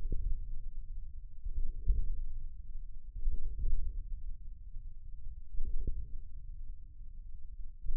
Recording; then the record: forearm muscle sounds (acoustic myography)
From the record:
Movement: wrist extension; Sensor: system 1, eight BSWA MPA416 microphones around the upper forearm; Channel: 6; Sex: male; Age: 54 years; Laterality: right